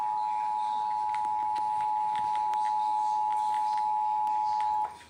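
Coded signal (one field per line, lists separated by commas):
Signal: Emergency Alert System (SAME) tones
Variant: 853 and 960 Hz attention tone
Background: speech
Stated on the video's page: Required Monthly Test aired on a television station.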